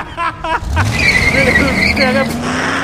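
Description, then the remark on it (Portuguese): A car engine revs up and surges forward while tires let out a long, shrill squeal that holds steady and wavers, with a brief burst of voices at the very start. “Pega o keycard e acelera o carro.”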